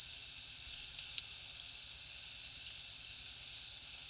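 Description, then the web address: Crickets chirping in a dense chorus, a steady high pulsing trill with louder shimmering bursts swelling rhythmically above it. Heavy cricket chorus in a jungle at night. "papadroid sound Nature Jungle Night Heavy Crickets"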